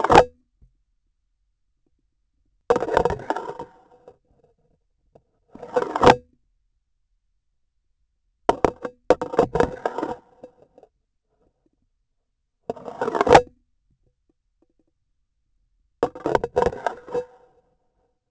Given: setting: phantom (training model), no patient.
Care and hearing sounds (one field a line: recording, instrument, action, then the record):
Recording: laparoscopic instrument, vibration sensor on the handle end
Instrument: grasping forceps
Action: insertion and removal through the trocar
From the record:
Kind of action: spatial motion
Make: Olympus